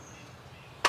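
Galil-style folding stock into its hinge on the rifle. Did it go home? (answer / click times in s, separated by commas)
yes / 0.8 s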